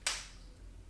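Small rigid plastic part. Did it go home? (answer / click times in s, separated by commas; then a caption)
yes / 0.1 s. A removable partial denture with a guided path is pressed onto the natural teeth and snaps into the undercuts, with a fit almost like an implant-retained one. A single sharp, bright click is heard at 0.1 s, then a short decaying ring over a low background hum. The denture is seated.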